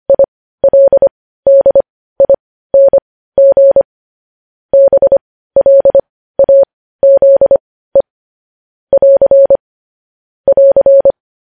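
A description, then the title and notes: Morse code beeps on a single steady mid-pitched tone, short and long pulses grouped with clear pauses, clean with no background sound. Morse code.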